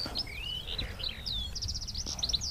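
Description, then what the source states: Skylark song, a continuous stream of high chirps, slurred whistles and trills running without pause, with low rumbling background noise. Early spring over a crop field in the north Cotswolds, Warwickshire; singing as it parachutes slowly down at the end of its song flight.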